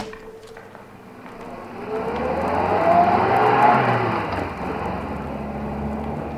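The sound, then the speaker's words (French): A car engine revs up and accelerates away, its rising whine swelling to a loud peak around the middle before easing into a steady, fading drone, with no voices. “Mais je souhaite pas du tout que nos concurrents nous rattrapent.”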